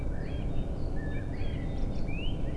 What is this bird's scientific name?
Turdus philomelos